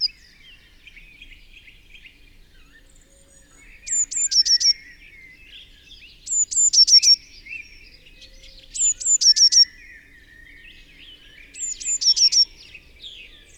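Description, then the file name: Eurasian blue tit repeating its high thin notes and short trill four times, every two to three seconds, among soft chirps from other birds. "Cyanistes caeruleus"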